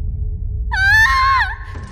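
sound effect, young woman screaming

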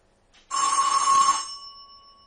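signal or alarm, doorbell ringing

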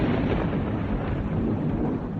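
nature, thunder crash

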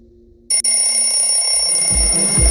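household object, alarm clock ringing

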